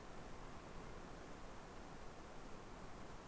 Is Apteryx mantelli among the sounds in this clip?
no